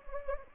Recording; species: mosquito wingbeat signal from an infrared sensor; Anopheles gambiae